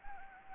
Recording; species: mosquito wingbeat signal from an infrared sensor; Anopheles gambiae